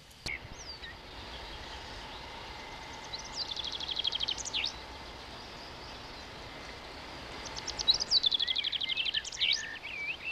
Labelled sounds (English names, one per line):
Common Chaffinch song